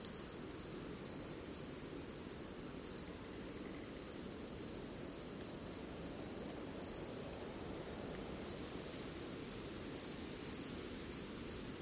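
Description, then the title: Cicada call: an unbroken high-pitched drone for most, with a quick pulsing trill starting near the end and running to the close. At night in a forest. "Звуки ночного леса. Звук цикад ночью в лесу"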